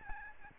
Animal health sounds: mosquito wingbeat signal from an infrared sensor; Aedes albopictus

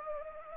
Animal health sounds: mosquito wingbeat signal from an infrared sensor; Anopheles arabiensis

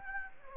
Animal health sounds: mosquito wingbeat signal from an infrared sensor; Anopheles gambiae

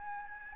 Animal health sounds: mosquito wingbeat signal from an infrared sensor; Aedes albopictus

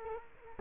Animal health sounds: mosquito wingbeat signal from an infrared sensor; Culex quinquefasciatus

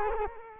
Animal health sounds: mosquito wingbeat signal from an infrared sensor; Culex quinquefasciatus

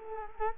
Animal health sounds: mosquito wingbeat signal from an infrared sensor; Culex quinquefasciatus

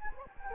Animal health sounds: mosquito wingbeat signal from an infrared sensor; Anopheles gambiae

